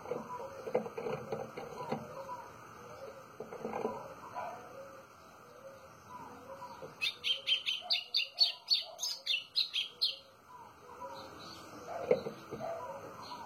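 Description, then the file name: White-throated seedeater burst of rapid bright notes midway, with mixed background bird calls before and after it. "canto do golinho"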